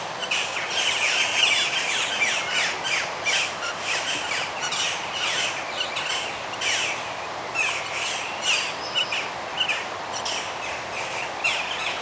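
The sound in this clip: Birds singing in a dense, continuous chorus of overlapping chirps, trills and squawky notes, with no pauses, above a steady background hiss.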